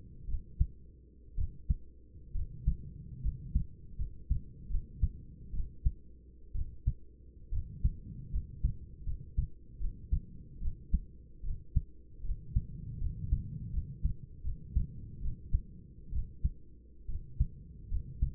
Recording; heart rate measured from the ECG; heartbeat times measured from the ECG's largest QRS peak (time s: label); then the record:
heart sounds by stethoscope; 71 bpm
0.28 s: heartbeat
1.37 s: heartbeat
2.34 s: heartbeat
3.23 s: heartbeat
3.98 s: heartbeat
4.70 s: heartbeat
5.53 s: heartbeat
6.54 s: heartbeat
7.52 s: heartbeat
8.32 s: heartbeat
9.06 s: heartbeat
9.80 s: heartbeat
10.61 s: heartbeat
11.44 s: heartbeat
12.24 s: heartbeat
13.01 s: heartbeat
13.73 s: heartbeat
14.44 s: heartbeat
15.21 s: heartbeat
16.12 s: heartbeat
17.08 s: heartbeat
17.91 s: heartbeat
From the record:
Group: healthy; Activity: rest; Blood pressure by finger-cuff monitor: 119/67 mmHg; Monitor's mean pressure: 84 mmHg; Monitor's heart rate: 72 bpm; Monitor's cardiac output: 8.1 L/min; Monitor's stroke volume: 108 mL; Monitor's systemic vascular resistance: 780 dyn s/cm5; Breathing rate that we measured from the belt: 12 breaths a minute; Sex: male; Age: 24 years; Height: 184 cm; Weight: 89 kg